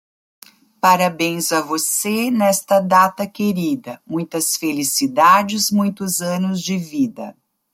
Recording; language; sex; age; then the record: short text; Brazilian Portuguese; female; 50 to 59 years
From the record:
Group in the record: control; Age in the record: 53 years